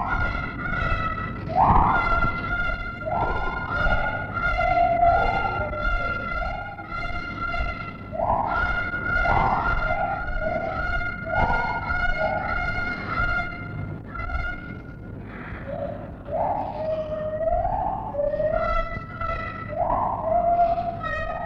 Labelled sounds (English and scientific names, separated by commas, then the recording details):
Lar Gibbon (Hylobates lar)
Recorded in captivity
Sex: female
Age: adult
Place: Tierpark Berlin, Berlin, DE
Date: 1963-07-01
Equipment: englisches Reportergerät, Kopie BG 26/1
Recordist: Altmann, Dagmar